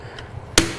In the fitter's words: one click here the saws will not run